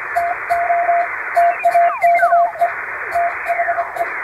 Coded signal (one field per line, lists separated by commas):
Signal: Morse code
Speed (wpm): 24 wpm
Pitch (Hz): 690 Hz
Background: radio noise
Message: TO TAKE THE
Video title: ラジオから聞こえるモールス信号！青春時代を思い出そう！昔懐かしい短波通信風にノイズとフェージングを加えています。YouTubeの再生速度を設定して聞いてみよう！ morse code practice